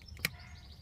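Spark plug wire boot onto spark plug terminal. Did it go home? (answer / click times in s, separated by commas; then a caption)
yes / 0.2 s. A rubber spark plug wire boot is pressed onto the terminal of a new spark plug. A single sharp click is heard at 0.2 seconds over faint low background hum, with a few softer ticks before it. The boot is seated on the plug.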